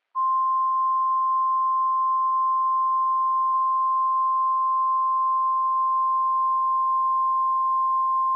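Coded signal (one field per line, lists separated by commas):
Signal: Emergency Alert System (SAME) tones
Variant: 1050 Hz attention tone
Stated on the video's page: NOAA Weather Radio Required Weekly Test SAME tones, Seattle area.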